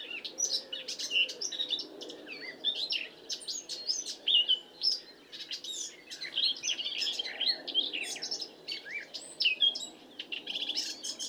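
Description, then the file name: Eurasian blackcap song, a busy jumble of high twittering and scratchy notes with short clear whistles, over faint background noise. "Sylvia atricapilla"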